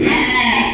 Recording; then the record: squeal of a Yucatan mini pig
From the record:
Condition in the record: after surgery on the right vocal fold (resection and tissue-engineered implant); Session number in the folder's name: 2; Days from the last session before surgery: 13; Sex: male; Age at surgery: 12 weeks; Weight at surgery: 13 kg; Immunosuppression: cyclosporine, prednisolone